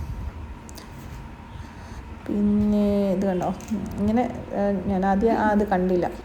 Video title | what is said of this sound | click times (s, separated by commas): Baby Chair and Bath tub @StarAndDaisy @luvlap | ഇതിങ്ങനെ lock ചെയ്യാനായിട്ട് അപ്പോ അത് കറക്റ്റ് ആയിട്ട് ലോക്ക് ആകും | 0.7 s, 0.8 s